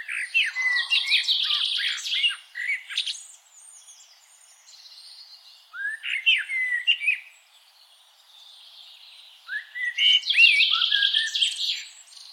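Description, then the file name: Eurasian blackbird song in three dense bursts of high, scratchy twittering with quick up-and-down swoops, separated by short pauses. "Turdus merula"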